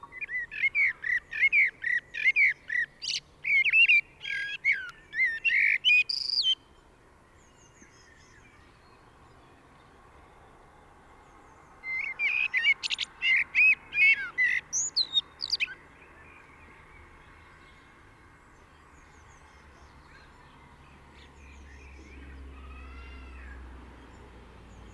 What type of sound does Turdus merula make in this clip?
song